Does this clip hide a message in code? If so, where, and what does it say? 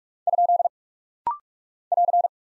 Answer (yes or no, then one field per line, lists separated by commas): yes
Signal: Morse code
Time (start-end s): 0.3-2.3 s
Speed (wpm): 46 wpm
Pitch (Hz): 700 Hz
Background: none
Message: ? <AR>